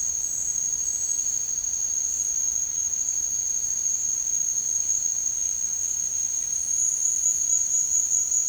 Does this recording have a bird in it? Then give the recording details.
no. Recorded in dense forest near Puerto Asís, Putumayo, Colombia, on 12 March 2025 at 17:30. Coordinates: 0.485, -76.318. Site G056